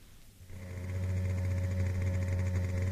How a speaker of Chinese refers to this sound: 在深夜寂静的街上，一辆摩托车飞速地穿过大街小巷，停在田海家的门口。